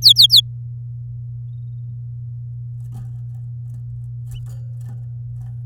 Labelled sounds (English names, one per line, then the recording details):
Domestic Canary song
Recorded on 11 May 2018 at 09:32
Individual llb16